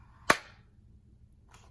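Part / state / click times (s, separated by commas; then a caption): handgun with light into vacuum-formed holster / seated / 0.3 s. A G19 handgun with a mounted light is pushed into a We The People vacuum-formed plastic OWB holster that has no tension screw. It snaps into the retention with a single sharp, loud click at 0.3 s, followed by a faint, softer sound near 1.5 s. The pistol is seated with a firm, positive click.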